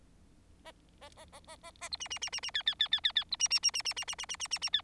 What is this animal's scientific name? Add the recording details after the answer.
Lonchura striata domestica. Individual Bird4